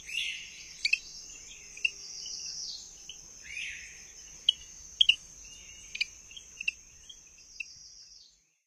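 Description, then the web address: Greenhouse frog giving quick high chirps at uneven intervals, some in close pairs, over a constant shrill background drone. North America. "Songs of Frogs Toads of North America. Greenhouse Frog"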